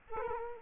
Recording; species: mosquito wingbeat signal from an infrared sensor; Culex quinquefasciatus